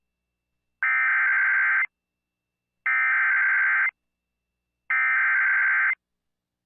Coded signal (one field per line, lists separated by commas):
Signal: Emergency Alert System (SAME) tones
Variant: header bursts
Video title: JUST A FEW RELAYS... EAS Alerts from 7/22/23 (EAS #2,697 - 2,699)